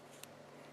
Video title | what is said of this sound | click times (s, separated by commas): Apple Watch Series 3 - RED PROTECTIVE CASE 2019 | yep you take your other band and you slide it in until it locks in place just | 0.2 s